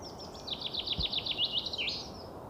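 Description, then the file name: Common chaffinch sings a quick series of repeated notes ending in a brief flourish, over faint background noise. "Fringilla coelebs"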